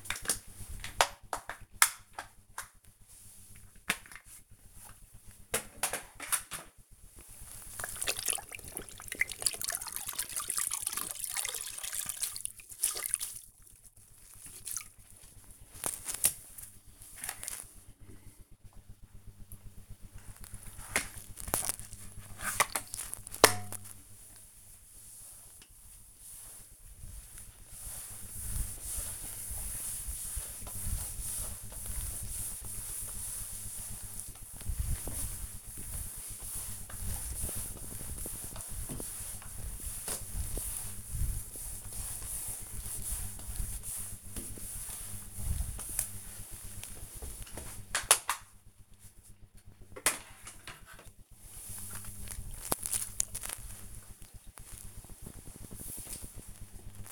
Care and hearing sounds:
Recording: household activities, microphone on the right wrist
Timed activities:
0.00-52.21 s: floor cleaning

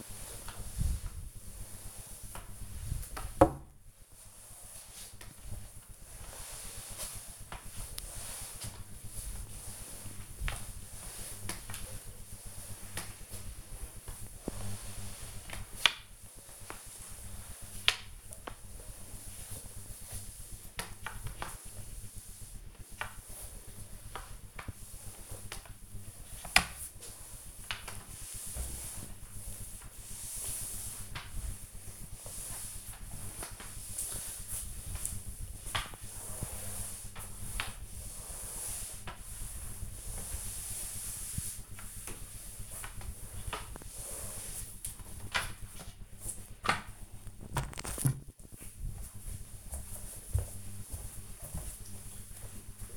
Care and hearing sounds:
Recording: household activities, microphone on the right wrist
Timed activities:
0.00-45.68 s: floor cleaning

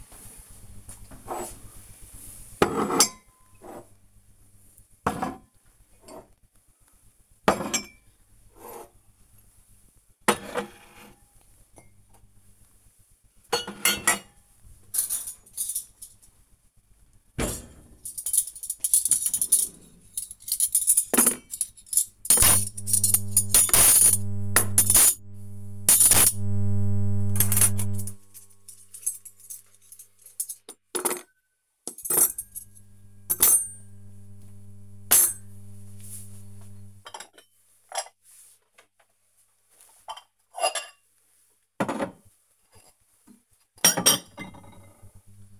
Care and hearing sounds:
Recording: household activities, microphone on the right wrist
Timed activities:
0.00-45.60 s: putting away the dishes

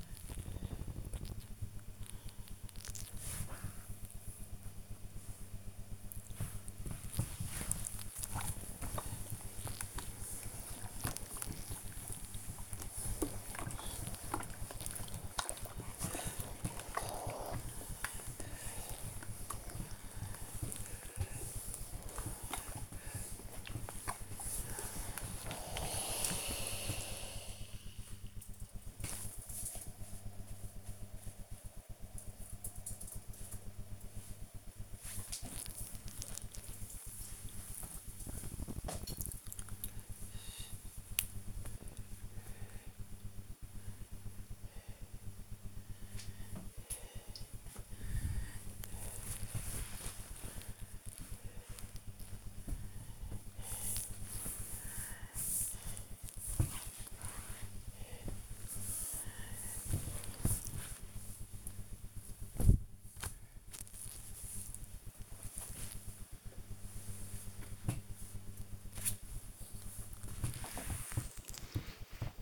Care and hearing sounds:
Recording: household activities, microphone on the right wrist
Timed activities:
0.00-27.34 s: ironing laundry
34.39-67.66 s: folding laundry
69.68-72.42 s: ironing laundry

